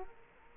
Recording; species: mosquito wingbeat signal from an infrared sensor; Culex quinquefasciatus